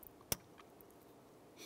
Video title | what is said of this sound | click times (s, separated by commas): How to Replace VVT Solenoid 2011-2018 Ram 1500 | you can see it and hear it pop up. | 0.3 s